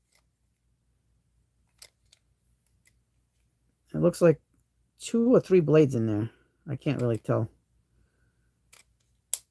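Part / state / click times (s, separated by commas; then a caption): blade storage compartment into utility knife handle / seated / 9.3 s. The blade storage compartment of a utility knife is pushed back into the knife body and snaps in with a sharp, loud click at 9.3 seconds, seating it. Before that, someone talks, and a few faint small clicks and handling sounds are heard.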